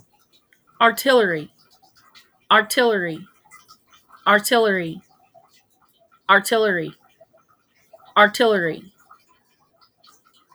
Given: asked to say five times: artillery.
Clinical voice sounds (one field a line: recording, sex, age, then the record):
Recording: repeated word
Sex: female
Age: 40 to 49 years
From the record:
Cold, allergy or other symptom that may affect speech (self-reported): no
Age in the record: 47 years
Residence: Missouri, United States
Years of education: 16